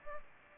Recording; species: mosquito wingbeat signal from an infrared sensor; Aedes aegypti